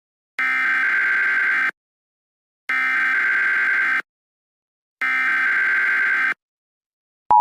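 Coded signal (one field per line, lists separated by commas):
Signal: Emergency Alert System (SAME) tones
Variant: header bursts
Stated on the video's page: Mock EAS scenario made with mobile apps.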